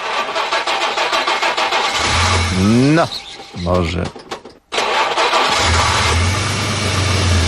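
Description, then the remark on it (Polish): A Żuk delivery van engine cranks and catches, revving upward in two rising bursts, cuts out briefly, then settles into a loud, steady low idle while a man speaks a few words. “59 lat temu w Lublinie rozpoczęto seryjną produkcję samochodu dostawczego Żuk.”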